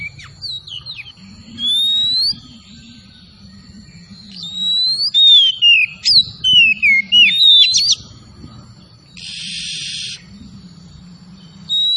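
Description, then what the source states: Oriental magpie-robin giving scattered whistled phrases with a lively cluster in the middle, then a brief hissing burst, over a steady high tone. Kacer from Tretes, singing vigorously in gacor style.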